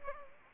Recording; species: mosquito wingbeat signal from an infrared sensor; Anopheles arabiensis